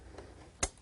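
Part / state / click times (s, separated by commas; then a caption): heatsink push pin into motherboard mounting hole / seated / 0.6 s. A heatsink's plastic push pin is pressed down into a motherboard mounting hole, working on opposite corners with the board out of the system in a tray. After a faint tick at 0.2 s, a sharp, bright click at 0.6 s marks the pin locking into place, and the pin seats.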